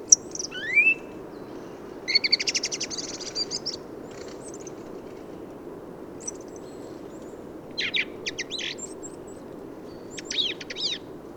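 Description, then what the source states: Song thrush song: varied short phrases of sharp whistles and buzzy notes in separated bursts, with a faint steady background hiss. Recorded 15 November 2020 in Forêt de Valdrôme, France, in autumn, with a Nagra Seven and Telinga Pro7 parabola; an autumnal improvised song, thrushes staying for abundant whitebeam and rowan fruit.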